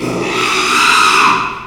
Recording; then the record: squeal of a Yucatan mini pig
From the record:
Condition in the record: after surgery on the right vocal fold (resection and tissue-engineered implant); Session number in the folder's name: 1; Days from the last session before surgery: 6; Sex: male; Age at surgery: 12 weeks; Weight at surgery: 13 kg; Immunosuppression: cyclosporine, prednisolone